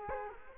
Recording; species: mosquito wingbeat signal from an infrared sensor; Culex quinquefasciatus